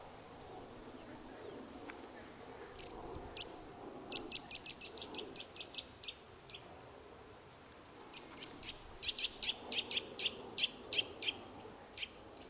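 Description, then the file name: Eurasian nuthatch calls: sharp, high, clipped notes in quick repeated series, over low background noise. "Sitta europaea"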